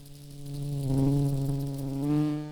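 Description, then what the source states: Red-tailed bumblebee buzzing, a steady low drone rich in harmonics that swells in loudness midway, dips slightly, then rises again before fading at the end. Queen.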